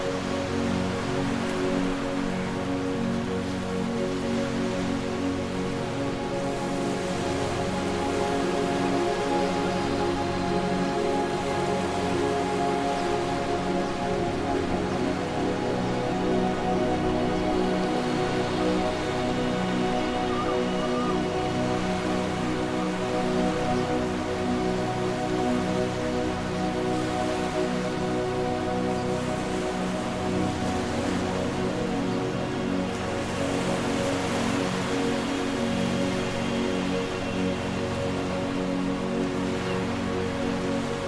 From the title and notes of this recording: Exotic Beach With Calming Ocean Sounds & Relaxing Music. Crashing waves intertwines with peaceful instrumental music and gentle ocean sounds.